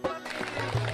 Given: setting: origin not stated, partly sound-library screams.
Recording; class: one-second piece from a danger detection set; normal situation